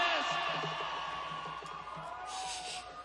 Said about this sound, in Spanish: En este tema quiero escuchar también el grito de la gente de San Juan de Aragón. ¡Fuerte, señores!